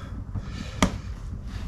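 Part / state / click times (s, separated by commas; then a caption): seat cover retainer strip into seat frame / seated / 0.8 s. A plastic retainer strip on the rear edge of a Firebird seat cover is worked and pulled until it clicks down into the seat frame. One sharp, bright click at 0.8 s stands out over low rustling handling noise. The retainer is seated in place.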